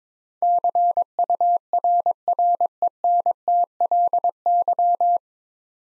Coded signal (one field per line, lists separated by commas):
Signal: Morse code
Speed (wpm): 21 wpm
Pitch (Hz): 700 Hz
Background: none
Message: CURRENTLY